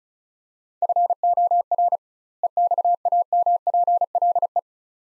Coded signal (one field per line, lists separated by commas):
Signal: Morse code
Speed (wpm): 36 wpm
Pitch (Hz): 700 Hz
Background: none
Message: FOR EXAMPLE